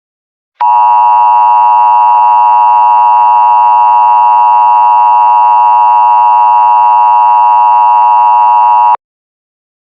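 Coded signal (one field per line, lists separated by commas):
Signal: Emergency Alert System (SAME) tones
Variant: 853 and 960 Hz attention tone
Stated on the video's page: Simulated mock EAS alert, a fictional scenario.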